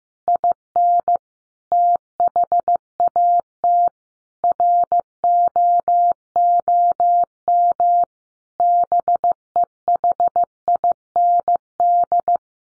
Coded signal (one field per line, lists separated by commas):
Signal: Morse code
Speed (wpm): 15 wpm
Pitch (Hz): 700 Hz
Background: none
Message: IN THAT ROOM BEHIND